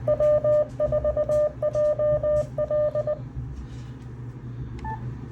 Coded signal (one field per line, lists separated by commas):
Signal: Morse code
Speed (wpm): 20 wpm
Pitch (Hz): 600 Hz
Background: none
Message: W4JL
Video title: 4 Morse Code Keys/Keyer! Learn Morse Code (CW)